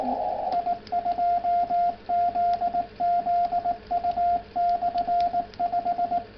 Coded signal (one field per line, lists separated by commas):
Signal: Morse code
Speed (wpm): 18 wpm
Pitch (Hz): 690 Hz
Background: radio noise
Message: I2ZZU/5